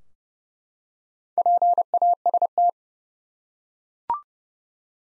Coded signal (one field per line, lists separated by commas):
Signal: Morse code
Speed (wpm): 29 wpm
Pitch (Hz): 700 Hz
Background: none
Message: PAST